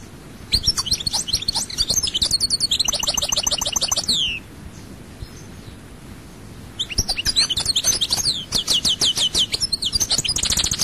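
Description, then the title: European goldfinch song: rapid twittering phrases with trilled runs, a pause of about two seconds, then a long bright burst of twitters. "Chant Chardonneret"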